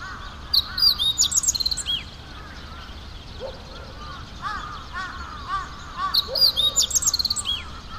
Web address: izumino saunndo hooziro